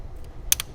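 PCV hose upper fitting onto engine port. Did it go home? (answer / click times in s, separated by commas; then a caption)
yes / 0.5 s. The upper end of the PCV hose on a 2013 VW Jetta 2.5L is pushed onto its engine port during valve cover, MAP sensor and PCV hose replacement for code P0106. A sharp, bright click at 0.5 s shows the fitting seating home, followed by a fainter snap at 0.6 s over low background noise.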